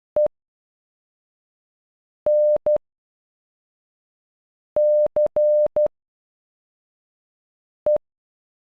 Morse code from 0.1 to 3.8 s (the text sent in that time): E N